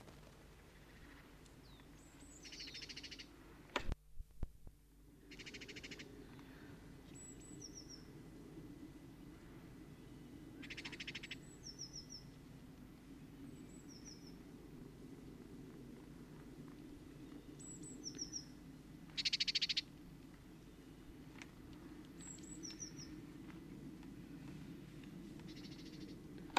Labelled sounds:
Great Tit (Parus major) call

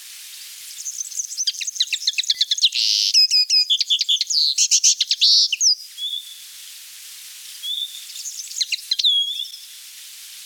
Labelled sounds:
Common Linnet (Linaria cannabina) song

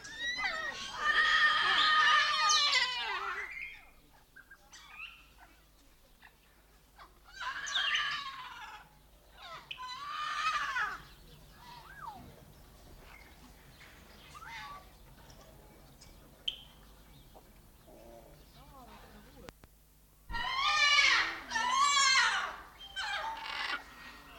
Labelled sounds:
White Cockatoo (Cacatua alba)

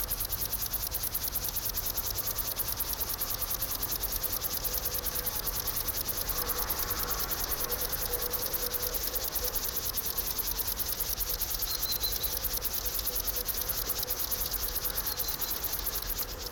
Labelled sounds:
Upland Field Grasshopper (Chorthippus apricarius)

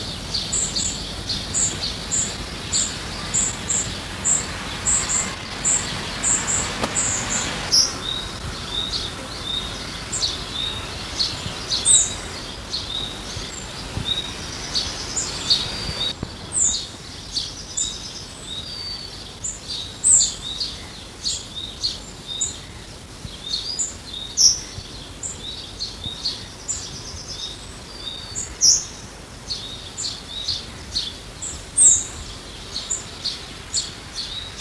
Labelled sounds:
Yellowhammer (Emberiza citrinella) alarm call

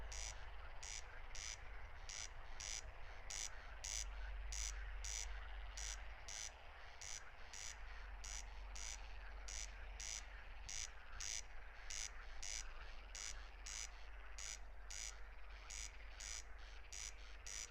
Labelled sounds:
Corn Crake (Crex crex) song

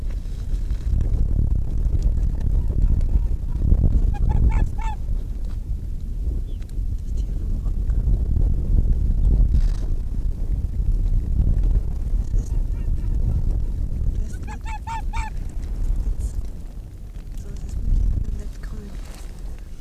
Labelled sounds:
Arctic Fox (Vulpes lagopus)

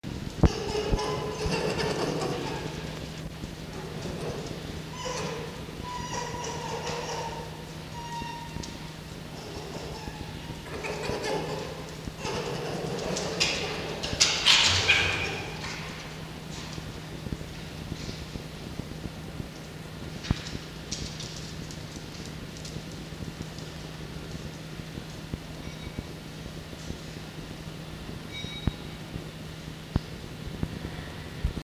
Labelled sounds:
Red Fox (Vulpes vulpes)

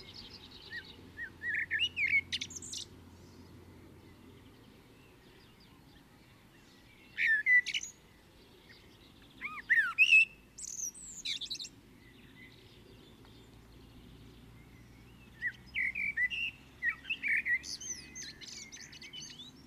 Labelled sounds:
Common Blackbird (Turdus merula) song

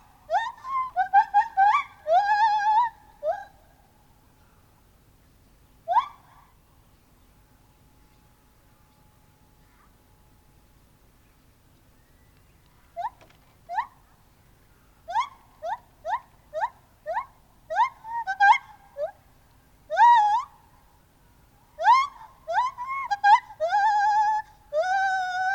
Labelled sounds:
Lar Gibbon (Hylobates lar)

